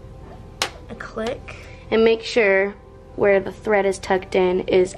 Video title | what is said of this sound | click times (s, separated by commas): Learning To Drive | the circle so you push it in until you hear a click | 0.6 s